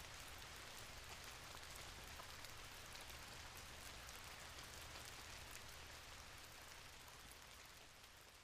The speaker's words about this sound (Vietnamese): Tiếng mưa rơi rả rích trên mái hiên rồi đổ xuống mặt đường tạo thành những chiếc bong bóng nước to tròn.